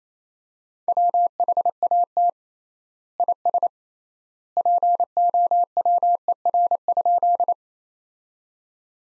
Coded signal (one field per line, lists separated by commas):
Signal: Morse code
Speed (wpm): 28 wpm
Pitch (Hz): 700 Hz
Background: none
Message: WHAT IS POWER?